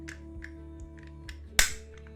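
Plastic part 2D of a RoboCop model kit is pressed into its mating part of the figure assembly, with a few faint ticks and taps over a steady low hum. At 1.6 s there is one sharp, loud snap as the part fits into place, and it is confirmed properly seated.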